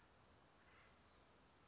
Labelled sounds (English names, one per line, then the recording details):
Acorn Woodpecker
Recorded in Sonoma County, California